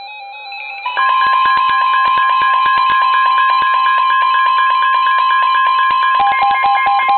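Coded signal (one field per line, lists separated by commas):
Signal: Emergency Alert System (SAME) tones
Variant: 1050 Hz attention tone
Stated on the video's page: Severe thunderstorm warning received on weather radios.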